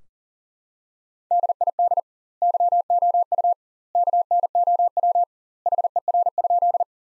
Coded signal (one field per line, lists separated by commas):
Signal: Morse code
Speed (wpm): 37 wpm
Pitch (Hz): 700 Hz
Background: none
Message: DID YOU KNOW HER?